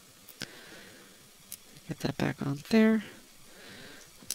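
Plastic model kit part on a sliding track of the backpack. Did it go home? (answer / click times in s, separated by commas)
yes / 4.3 s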